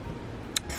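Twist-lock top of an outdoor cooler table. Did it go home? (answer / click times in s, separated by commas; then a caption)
yes / 0.6 s. Someone working one-handed pulls up the twist-lock top of a plastic outdoor cooler table, twists it, and locks it in place so it works as a table. A single sharp click sounds at 0.6 s over a low, steady background rumble. The top is seated and locked.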